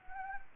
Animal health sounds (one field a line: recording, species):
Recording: mosquito wingbeat signal from an infrared sensor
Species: Anopheles gambiae